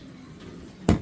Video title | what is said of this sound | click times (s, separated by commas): DO NOT REPLACE YOUR DRIVE PULLEYS AND BEARINGS JUST YET!!! #rollerbearings #ballbearings | And this one snaps back in | 0.9 s